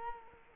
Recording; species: mosquito wingbeat signal from an infrared sensor; Culex quinquefasciatus